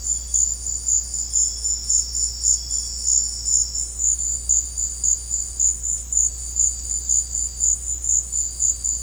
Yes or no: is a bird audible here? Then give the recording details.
no. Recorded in secondary vegetation near Puerto Asís, Putumayo, Colombia, on 13 March 2025 at 17:00. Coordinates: 0.484, -76.319. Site G010